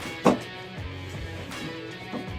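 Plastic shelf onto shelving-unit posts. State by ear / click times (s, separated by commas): seated / 0.3 s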